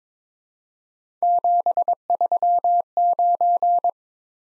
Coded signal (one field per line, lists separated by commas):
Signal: Morse code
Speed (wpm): 23 wpm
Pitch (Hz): 700 Hz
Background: none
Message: 739